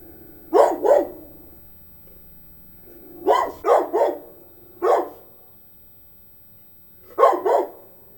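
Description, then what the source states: Dog barking in short bursts: a double bark, then a quick run of three, a single bark, and another doubled pair after a pause. Medium-sized dog barking.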